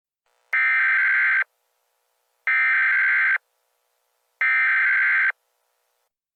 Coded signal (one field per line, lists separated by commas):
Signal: Emergency Alert System (SAME) tones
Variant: header bursts